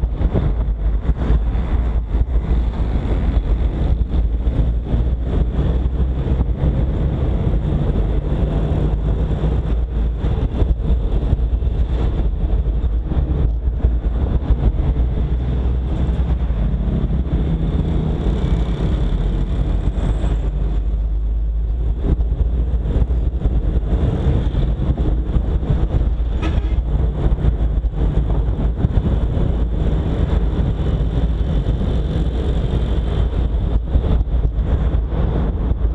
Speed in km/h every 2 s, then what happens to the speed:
41, 42, 42, 44, 48, 44, 43, 40, 39, 35, 35, 35, 37, 43, 50, 47, 47, 49.
0-8 speeds up to 48. 8-22 slows to 35. 22-28 speeds up to 50. 28-36 steady at about 47.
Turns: none.